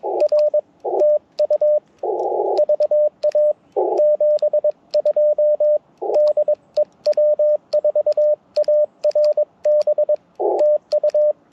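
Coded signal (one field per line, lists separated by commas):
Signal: Morse code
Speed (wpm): 22 wpm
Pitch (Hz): 600 Hz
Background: radio noise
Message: R TU VA 72 DE W4ARB TU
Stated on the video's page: QRP CW Parks on the Air activation using an Icom IC-705 with a Gabil GRA-7350T antenna and BaMaKeY TP-III paddles.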